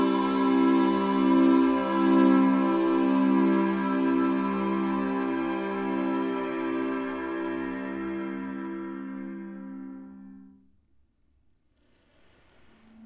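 A harmonica chord is held steadily by breathing through it, its reedy tone pulsing and wavering in a slow, regular throb. The sound gradually thins and stops around ten seconds, leaving near silence broken by a faint brief rustle at the end.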